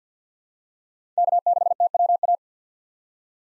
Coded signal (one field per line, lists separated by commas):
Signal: Morse code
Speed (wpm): 50 wpm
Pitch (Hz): 700 Hz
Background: none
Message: K6TWA